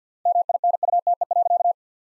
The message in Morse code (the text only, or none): MINUTE.